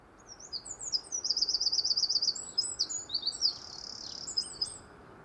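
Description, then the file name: Eurasian wren singing a vigorous high-pitched jumble of quick notes and rattling trills for around four seconds, with soft background noise. "Troglodytes troglodytes"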